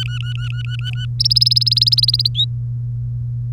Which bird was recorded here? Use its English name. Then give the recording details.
Domestic Canary. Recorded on 3 May 2018 at 09:48. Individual llb3